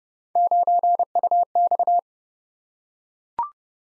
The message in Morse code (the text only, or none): 9UX